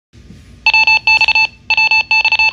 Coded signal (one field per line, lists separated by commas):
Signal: Morse code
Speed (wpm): 33 wpm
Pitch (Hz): 2650 Hz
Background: none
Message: WX WX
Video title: Top 5 Weather Alert HT Radios